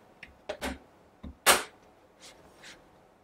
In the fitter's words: I'm going to press it in at the corners so it should click into place and